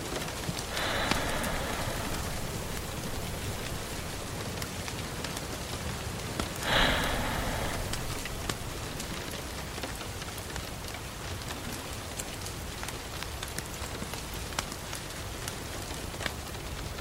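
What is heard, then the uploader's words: Steady rain patters densely throughout, with scattered sharp drop ticks, a brighter hiss swelling around seconds one to two, and a louder burst near seven. Rain and fire in the background.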